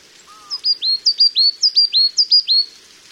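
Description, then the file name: Coal tit singing bright, high paired notes in a quick repeated series, preceded by a brief lower whistled note and light background hiss. "higara"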